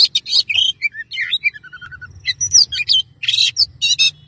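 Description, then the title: Oriental magpie-robin song with bright whistled notes, a falling sequence of clear tones and bursts of harsh rasping chatter, low hum in the background. "Kacer"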